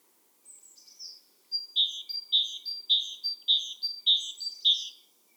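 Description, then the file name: Great tit starting with faint descending notes, then settling into a steady series of loud, high two-note phrases repeated roughly every half second. "Parus major"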